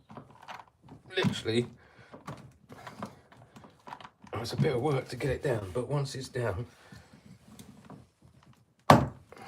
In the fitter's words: see you hear it click in place and that is it that is not